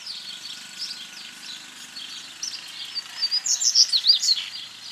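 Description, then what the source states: Seedeater, a burst of quick, high, sweeping chirps near the end, after a few seconds of faint mixed bird chatter in the background. Recorded at El Aromito, Federación, on 8 January 2013 at 19:41.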